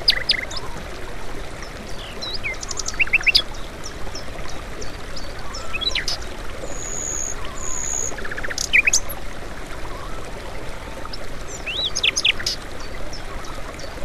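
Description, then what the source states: Birds chirping over steady rushing water: scattered short high chirps and brief trills come and go through the flowing noise. Birds heard with water.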